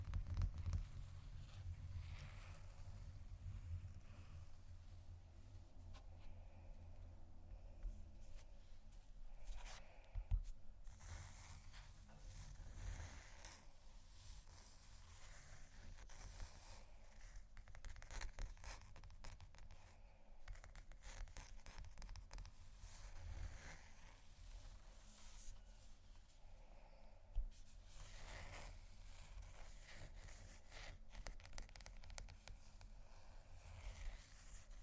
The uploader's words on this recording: ASMR Scratchingtapping On Textures（No Talking）.